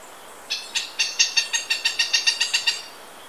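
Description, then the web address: Lineated foliage-gleaner song: a dry, harsh chattering series of many grating notes, steady in pitch, over quiet background hiss. Ecuador, South America. "Natures Songs S America Birds of Ecuador 224 Lineated Foliage-gleaner"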